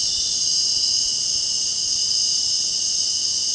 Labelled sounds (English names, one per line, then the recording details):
none
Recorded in dense forest near Puerto Asís, Putumayo, Colombia, on 25 June 2025 at 19:30
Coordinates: 0.499, -76.324
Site G100